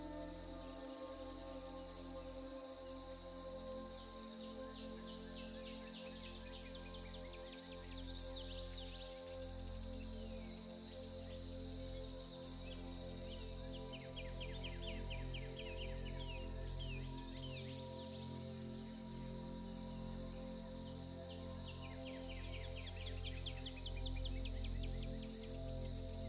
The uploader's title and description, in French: La MUSIQUE Tendre et les Bruits de la NATURE. Des mélodies douces et des bruissements naturels